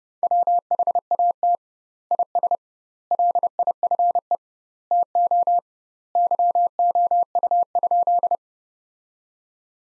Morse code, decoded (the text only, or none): WHAT IS LIFE TO YOU?